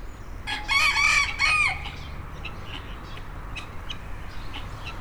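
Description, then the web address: Chicken: rooster crowing in a short rising-and-falling phrase lasting about a second, then faint clicks in the background. Rooster recorded in the farmyard section of a zoo in Nyíregyháza, Hungary, 2010. "allathangok nyiregyhazizoo 2010 standardt parasztudvar gyongytyukeskakas"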